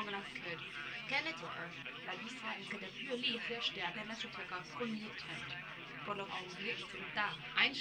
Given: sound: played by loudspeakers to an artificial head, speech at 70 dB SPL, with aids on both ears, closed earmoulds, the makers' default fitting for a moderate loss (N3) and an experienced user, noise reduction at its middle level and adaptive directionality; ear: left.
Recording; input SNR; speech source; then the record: speech test signal (ISTS) in cocktail-party noise; +6 dB; on the right (90 degrees)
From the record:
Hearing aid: class 2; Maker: F